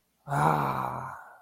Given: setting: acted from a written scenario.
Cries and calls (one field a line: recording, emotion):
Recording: vocal sound without words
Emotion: elation